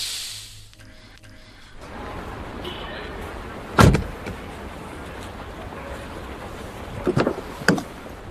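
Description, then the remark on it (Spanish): A car driven by a woman rumbles low and steady as it pulls up, then a sharp thunk of a car door opening, followed by a couple more quick clicks and knocks. “Ay, es que no sé, no me gusta viajar en un auto conducido por una mujer.”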